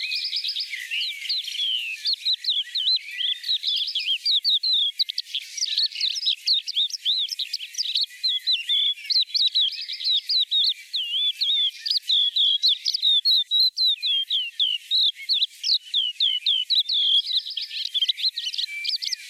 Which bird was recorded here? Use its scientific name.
Galerida cristata